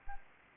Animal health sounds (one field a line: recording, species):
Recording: mosquito wingbeat signal from an infrared sensor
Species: Anopheles arabiensis